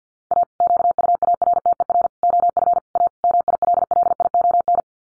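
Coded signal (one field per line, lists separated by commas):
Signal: Morse code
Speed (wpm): 50 wpm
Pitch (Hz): 700 Hz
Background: none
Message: A QUARTER OF A MILLION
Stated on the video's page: Head-copy practice of five-word sets at 50 wpm, each sent in Morse, spoken, then sent again.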